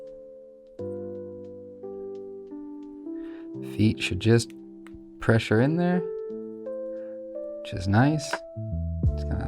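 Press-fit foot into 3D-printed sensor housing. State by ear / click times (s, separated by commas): not seated / none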